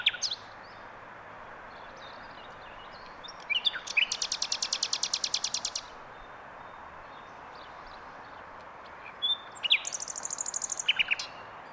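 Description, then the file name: Common nightingale song phrases: a brief note, then a fast, rattling trill of repeated sharp notes, with a second high, dense burst near the end over steady background hiss. "Luscinia megarhynchos"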